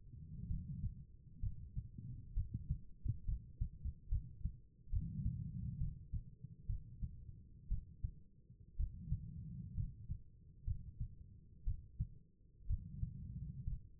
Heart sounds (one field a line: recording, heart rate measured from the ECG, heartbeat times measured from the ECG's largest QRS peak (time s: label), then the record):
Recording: heart sounds by stethoscope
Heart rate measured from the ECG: 64 bpm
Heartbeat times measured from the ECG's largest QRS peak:
0.47 s: heartbeat
1.40 s: heartbeat
2.34 s: heartbeat
3.25 s: heartbeat
4.09 s: heartbeat
4.90 s: heartbeat
5.78 s: heartbeat
6.67 s: heartbeat
7.68 s: heartbeat
8.76 s: heartbeat
9.74 s: heartbeat
10.64 s: heartbeat
11.64 s: heartbeat
12.67 s: heartbeat
13.64 s: heartbeat
From the record:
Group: healthy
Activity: rest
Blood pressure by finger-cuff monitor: 98/62 mmHg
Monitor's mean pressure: 73 mmHg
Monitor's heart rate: 65 bpm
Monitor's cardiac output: 5 L/min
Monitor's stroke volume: 79 mL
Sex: female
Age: 36 years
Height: 163 cm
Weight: 88 kg